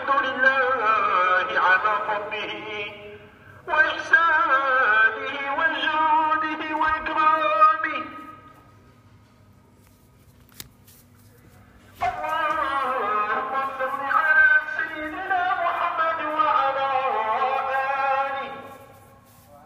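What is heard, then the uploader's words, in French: A muezzin's voice sings over a loudspeaker at night in Tangier, long sustained phrases rich with overtones and slow melodic turns. He chants for about eight seconds, pauses briefly around the fourth second, falls silent near the tenth, then resumes around twelve seconds. A low steady hum lies underneath. Le muezzin à Tanger se lance dans une prière à 4h19. Le haut-parleur de la mosquée est proche de l’hôtel, il fait nuit. Je regarde par le balcon, des gens marchent dans la rue.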